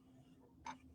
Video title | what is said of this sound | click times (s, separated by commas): Shields Live! Basic Machine Maintenance July 13, 2022 | until it clicks and it's completely engaged | 0.7 s